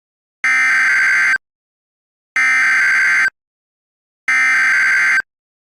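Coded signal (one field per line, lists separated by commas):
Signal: Emergency Alert System (SAME) tones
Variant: header bursts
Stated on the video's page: Required weekly EAS test during Tornado Awareness Week, plus a NOAA weather radio required weekly test capture.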